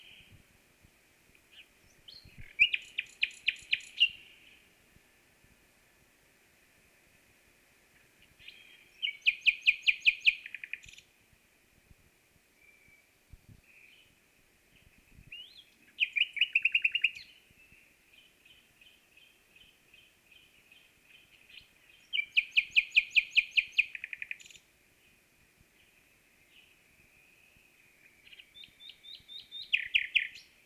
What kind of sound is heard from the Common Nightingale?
song